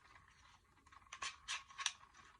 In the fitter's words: a battery port right there just looks like it snaps right in